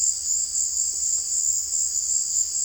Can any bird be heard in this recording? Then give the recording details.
no. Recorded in dense forest near Puerto Asís, Putumayo, Colombia, on 20 February 2024 at 17:30. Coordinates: 0.485, -76.325. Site G6429